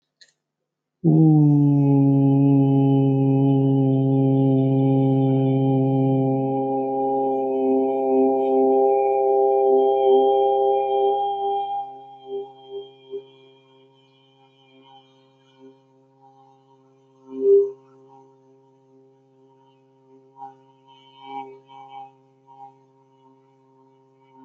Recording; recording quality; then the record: sustained vowel as in boot; excellent, no background noise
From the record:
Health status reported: healthy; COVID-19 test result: negative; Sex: male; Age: 31 years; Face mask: not worn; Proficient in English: yes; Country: India